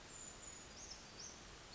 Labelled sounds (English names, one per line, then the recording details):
Brown Creeper
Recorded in Sonoma County, California